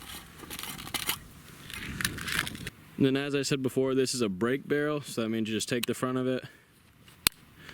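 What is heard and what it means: Someone talks over light handling noises, then grabs the front of the break barrel on a $50 Ruger Mark IV air pistol and pulls it down to cock it. One sharp, loud metallic click at 7.3 s marks the barrel latching into the cocked position.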